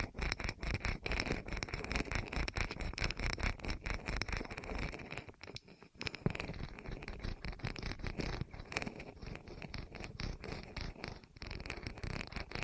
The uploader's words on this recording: ASMR Rolling On Your Ears (No Talking).